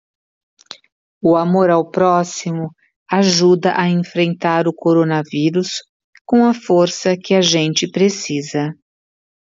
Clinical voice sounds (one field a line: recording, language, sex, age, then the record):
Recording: spoken sentence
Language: Brazilian Portuguese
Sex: female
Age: 50 to 59 years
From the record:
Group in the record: control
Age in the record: 53 years